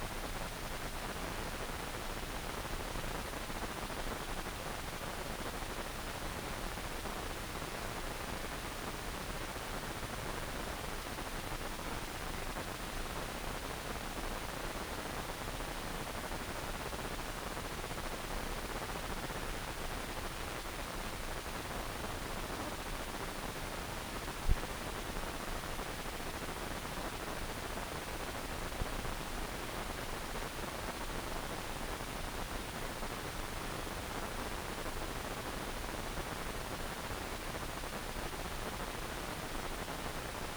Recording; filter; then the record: brain microelectrode recording played as sound; wide band, above 20 Hz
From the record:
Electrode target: subthalamic nucleus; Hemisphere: right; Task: reaching with the left hand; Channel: 1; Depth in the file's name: 1.506 mm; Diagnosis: Parkinson's disease